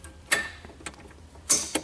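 On a ShopFox metal lathe, the spindle lock pin on the headstock is engaged into one of the spindle's 24 index positions. Sharp metallic mechanism clicks ring out at 0.3 s and 1.5 s, with a few fainter ticks in between and a softer click just after the second. The lock seats, holding the spindle in place.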